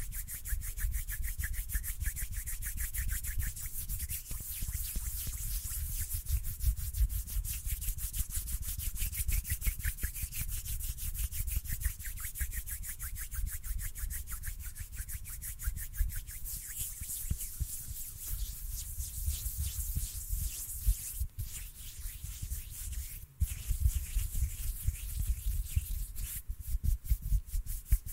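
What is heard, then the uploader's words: Hands rub and brush together in a continuous stream of dry friction, dense and quick with fine scratchy strokes. The texture stays steady for the whole half-minute, with a low rumble underneath and a few sharper swipes near the end. ASMR HAND SOUNDS, INTENSE HAND SOUNDS, ASMR HAND MOVEMENTS.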